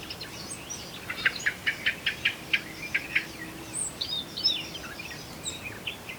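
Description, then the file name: Eurasian blackcap: a quick series of several hard, clicking notes, followed by scattered higher notes, against steady background hiss. "Sylvia atricapilla"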